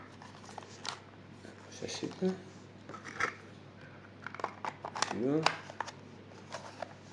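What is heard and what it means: A roller shutter belt is being changed, and its end is being worked into the winder's catch. Small handling clicks, rustles and light knocks are heard while someone talks. Nothing has seated or clicked home yet.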